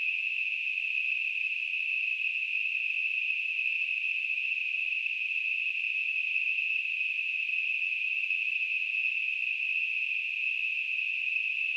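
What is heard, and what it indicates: Simulated tinnitus: a steady, unbroken narrowband hiss centered around 2.5 to 3 kHz, with no low-frequency content, holding an even level throughout.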